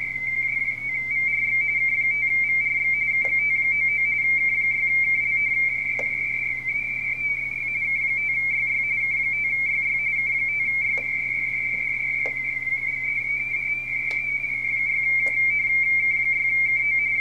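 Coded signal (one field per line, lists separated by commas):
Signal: RTTY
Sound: continuous warbling two-tone teleprinter chatter around 2 kHz, overlapping stations, occasional clicks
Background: radio static, mains hum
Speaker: We're currently looking at a RTTY pileup on 30 meters for Fox Tango 4 Japan Alpha from Wanda Nova. And this is a mess.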